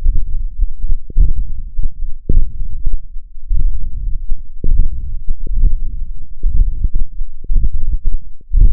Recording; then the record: forearm muscle sounds (acoustic myography)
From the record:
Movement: hook grip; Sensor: system 1, eight BSWA MPA416 microphones around the upper forearm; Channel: 8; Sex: male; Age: 21 years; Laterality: right